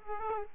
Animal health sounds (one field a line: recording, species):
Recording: mosquito wingbeat signal from an infrared sensor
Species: Aedes aegypti